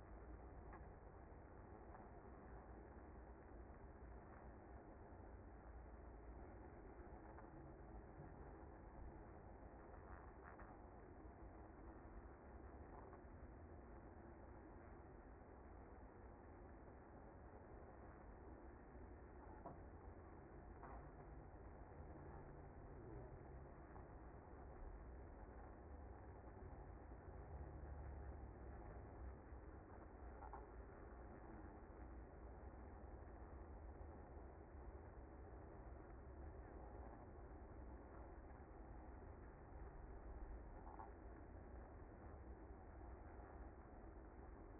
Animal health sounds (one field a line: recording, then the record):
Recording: honeybee colony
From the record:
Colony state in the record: active